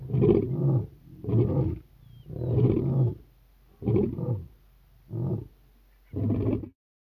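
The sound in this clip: Lion groaning in six separate rough, low bursts, separated by short quiet gaps.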